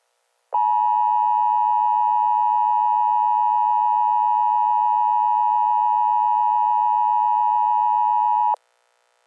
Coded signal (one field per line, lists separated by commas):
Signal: Emergency Alert System (SAME) tones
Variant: 853 and 960 Hz attention tone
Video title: EAS Scenario #13: Super Bowl Sabotage